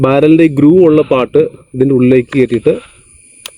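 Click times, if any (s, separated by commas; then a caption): 3.5 s. Someone talks while the grooved end of a plastic toy rifle barrel is inserted into the toy's body and pushed. A sharp click at 3.5 s marks the barrel snapping into place and locking, fully seated.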